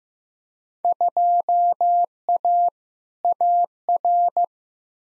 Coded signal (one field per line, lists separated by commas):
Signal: Morse code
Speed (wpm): 15 wpm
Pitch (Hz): 700 Hz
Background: none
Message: 2A AR